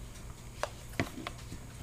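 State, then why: Seated. A handgun is pushed carefully into a custom leather holster after the leather has been conditioned, done gently because of a hurt hand. Faint taps at 0.6 s and 1.3 s surround a sharp snap at 1.0 s as the pistol seats in the holster, and someone talks briefly at the end.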